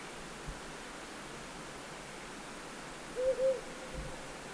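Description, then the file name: Himalayan wood owl giving a single paired hoot, two short low notes close together, over a steady hiss of background noise. Hu Ping Shan, Hunan, China; recorded 2 July 2012. "Himalayan Wood Owl 120702-023 China Hunan Hu Ping Shan"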